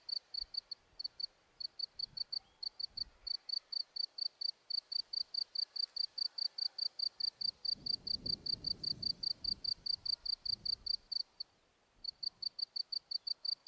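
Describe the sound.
Insect chirping in rapid, high-pitched pulsed bursts repeated steadily, with a brief pause near the end; faint low rumbling in the background midway.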